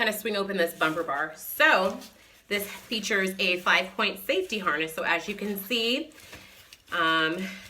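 Someone talks while swinging open the bumper bar of a stroller and handling the side buckle of its five-point safety harness toward the middle clip. Voice fills the clip, with no sharp sounds standing out. Nothing has clicked or seated yet by the end.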